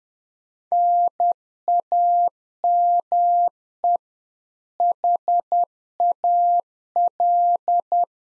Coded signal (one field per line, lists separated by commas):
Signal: Morse code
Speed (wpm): 10 wpm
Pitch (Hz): 700 Hz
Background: none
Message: NAME HAL